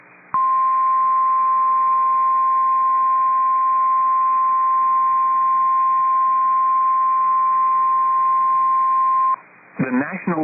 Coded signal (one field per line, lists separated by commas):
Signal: Emergency Alert System (SAME) tones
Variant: 1050 Hz attention tone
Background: speech